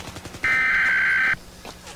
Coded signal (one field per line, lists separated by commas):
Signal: Emergency Alert System (SAME) tones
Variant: header bursts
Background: speech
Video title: EAS Scenario #4: World War III: The Invasion (Part 7)